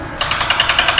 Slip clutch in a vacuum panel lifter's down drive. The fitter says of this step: the lifter has a slip clutch so you're not going to do any damage you're not going to push the lifter over backwards you're going to hear the clicking